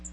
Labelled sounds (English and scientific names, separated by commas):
Magnolia Warbler (Setophaga magnolia) flight call